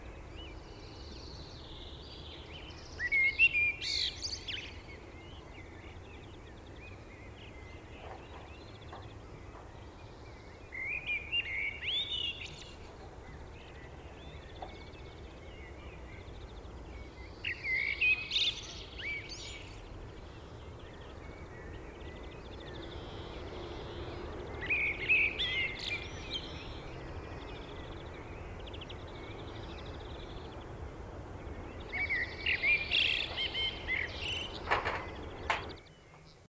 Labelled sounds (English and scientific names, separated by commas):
Common Blackbird (Turdus merula) song